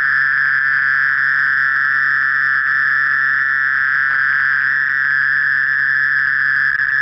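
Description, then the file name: Mole cricket song, a constant tonal trill running without pause from start to finish. "Gryllotalpa sp"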